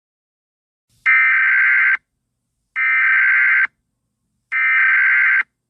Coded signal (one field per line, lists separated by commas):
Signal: Emergency Alert System (SAME) tones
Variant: header bursts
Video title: Emergency Alert System Scenario: The End of the World